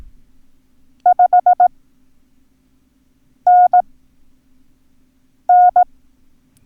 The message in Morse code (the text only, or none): 5NN